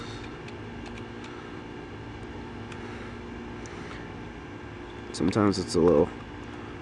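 During an HID conversion install on a 2010 Honda Accord Sedan LX, a plastic headlight wiring harness connector is lined up with the HID ballast and worked into position, with the clip on one side and the hooks on the other. A steady background hum runs throughout, with faint light ticks near 1.0 s and 2.7 s, and someone talks briefly toward the end. Nothing has seated or clicked yet.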